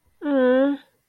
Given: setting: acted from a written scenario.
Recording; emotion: vocal sound without words; sympathy